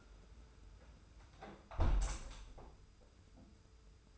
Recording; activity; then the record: daily activity, microphone in the room; close window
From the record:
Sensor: 2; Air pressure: 991.2 hPa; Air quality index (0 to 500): 137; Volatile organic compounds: 214 ppm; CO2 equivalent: 4256 ppm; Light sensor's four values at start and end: 38/109/43/41 and 38/109/43/41